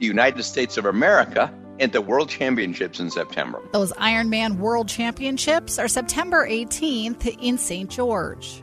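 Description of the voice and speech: A brief line from an adult voice is followed by a woman reporter narrating in clear, fluent speech. Her articulation, pacing and voice quality are ordinary, with no hoarseness, slurring or dysfluency.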